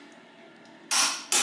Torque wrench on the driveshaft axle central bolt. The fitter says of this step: Okay now click sound and now there is one 160